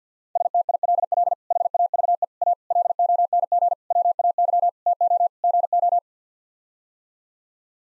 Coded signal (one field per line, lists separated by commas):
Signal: Morse code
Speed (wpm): 48 wpm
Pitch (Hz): 700 Hz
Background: none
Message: STILL HAVE A LONG WAY TO GO